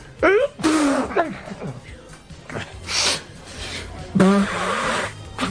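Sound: sneezing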